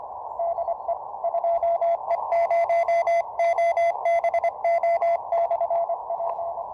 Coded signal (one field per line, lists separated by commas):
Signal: Morse code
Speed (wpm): 24 wpm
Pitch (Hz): 680 Hz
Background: radio noise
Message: DE 2E0OBO/P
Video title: Multi-band, Low-loss, works without ATU. ZS6BKW: is it my new POTA antenna?!